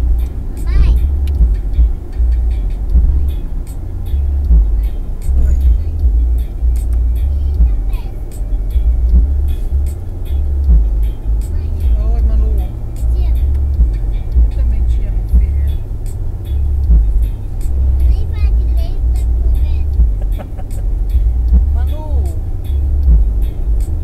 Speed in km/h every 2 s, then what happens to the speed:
78, 76, 77, 80, 84, 88, 91, 90, 88, 88, 89, 90.
0-5 steady at about 77. 5-12 speeds up to 91. 12-24 steady at about 89.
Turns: none.